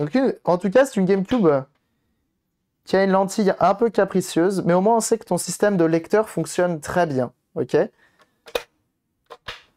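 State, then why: Released. On a cleaned Nintendo GameCube, the eject mechanism is triggered to test the disc lid while someone talks. A sharp, loud click at 8.6 seconds marks the lid popping open, and the ejection system is confirmed to work.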